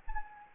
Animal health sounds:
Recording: mosquito wingbeat signal from an infrared sensor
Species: Anopheles gambiae

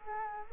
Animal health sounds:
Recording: mosquito wingbeat signal from an infrared sensor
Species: Culex quinquefasciatus

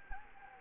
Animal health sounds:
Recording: mosquito wingbeat signal from an infrared sensor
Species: Anopheles gambiae

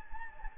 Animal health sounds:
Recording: mosquito wingbeat signal from an infrared sensor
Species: Anopheles gambiae

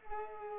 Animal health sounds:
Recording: mosquito wingbeat signal from an infrared sensor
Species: Culex pipiens

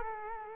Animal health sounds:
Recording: mosquito wingbeat signal from an infrared sensor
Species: Culex quinquefasciatus

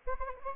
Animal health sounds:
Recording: mosquito wingbeat signal from an infrared sensor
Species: Anopheles arabiensis

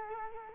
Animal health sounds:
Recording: mosquito wingbeat signal from an infrared sensor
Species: Culex quinquefasciatus

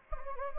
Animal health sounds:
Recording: mosquito wingbeat signal from an infrared sensor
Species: Anopheles gambiae

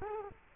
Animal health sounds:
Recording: mosquito wingbeat signal from an infrared sensor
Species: Culex quinquefasciatus

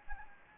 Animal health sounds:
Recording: mosquito wingbeat signal from an infrared sensor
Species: Anopheles gambiae

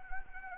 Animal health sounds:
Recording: mosquito wingbeat signal from an infrared sensor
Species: Anopheles arabiensis

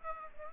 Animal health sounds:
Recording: mosquito wingbeat signal from an infrared sensor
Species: Aedes aegypti

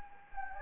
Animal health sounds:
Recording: mosquito wingbeat signal from an infrared sensor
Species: Anopheles gambiae

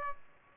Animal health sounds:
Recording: mosquito wingbeat signal from an infrared sensor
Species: Aedes aegypti

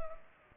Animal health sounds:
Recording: mosquito wingbeat signal from an infrared sensor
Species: Culex pipiens

